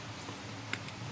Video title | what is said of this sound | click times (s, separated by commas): Dengan Cara ini dijamin halus , cara penggantian Belting / Puli belakang motor Metik Mio j/GT | Kami sudah menguncinya. | 0.7 s